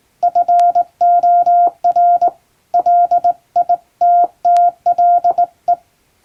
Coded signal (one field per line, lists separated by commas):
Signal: Morse code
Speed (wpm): 20 wpm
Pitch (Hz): 700 Hz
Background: none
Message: FOR LITTLE